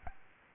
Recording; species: mosquito wingbeat signal from an infrared sensor; Aedes albopictus